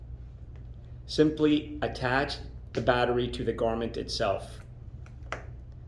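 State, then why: Seated. Someone talks while a battery pack is attached to an OnLux Hand & Wrist therapy wrap garment. A sharp click at 5.3 s marks the battery pack seating onto the garment.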